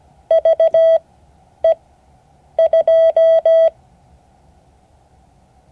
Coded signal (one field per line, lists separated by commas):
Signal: Morse code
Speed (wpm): 17 wpm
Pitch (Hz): 650 Hz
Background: none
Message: VE2